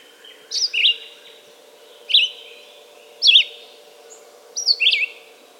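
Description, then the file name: Red-eyed vireo singing short slurred whistled phrases spaced a little over a second apart, against a faint background hum. "red-eyed vireo song by jonathon jongsma"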